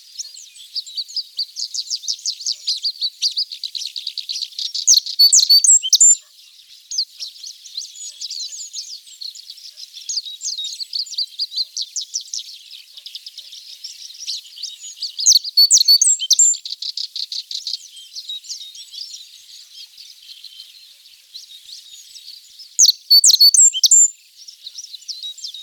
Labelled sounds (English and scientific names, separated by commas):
Japanese Reed Bunting (Emberiza yessoensis) song